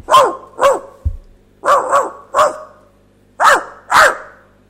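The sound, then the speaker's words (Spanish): A pet dog named Bustingorri barks about seven times in uneven clusters, some barks coming in quick pairs, each one loud, sharp and mid-pitched, with a brief low thump early on and no voices. The dog has been barking like this all afternoon. “pero está ladrando y demás”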